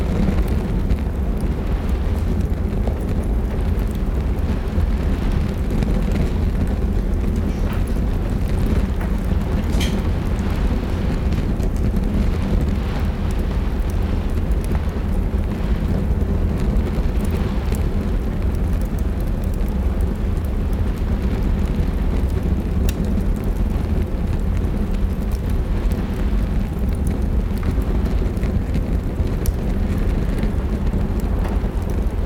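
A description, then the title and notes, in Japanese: A fireplace crackles under a steady rain, with a deep, constant rumble filling the low end throughout. Small sharp pops and ticks scatter across the whole half minute, including a brighter snap near ten seconds, while the overall level stays even. 嵐の中の居心地の良い屋根裏部屋。暖炉のパチパチと雨。外では、雨が窓を激しく打ち、その不断のリズムが屋根裏部屋の心地よい交響曲に加わります。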